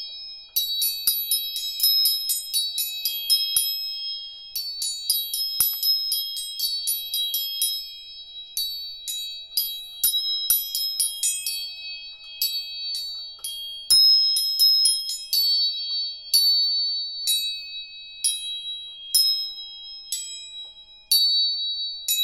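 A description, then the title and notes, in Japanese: Tuning forks are struck again and again, each tap giving a clear, high, bell-like ring that lingers briefly. The strikes come in quick, uneven clusters with short pauses near four and eight seconds. Several pitches overlap in a quiet, close room. 音叉チューニング全体性。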